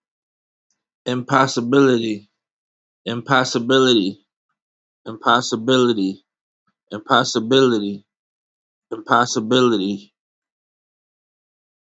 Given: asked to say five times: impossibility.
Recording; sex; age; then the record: repeated word; male; 40 to 49 years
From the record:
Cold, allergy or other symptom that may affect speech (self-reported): no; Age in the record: 45 years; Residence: Illinois, United States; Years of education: 18